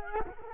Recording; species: mosquito wingbeat signal from an infrared sensor; Culex quinquefasciatus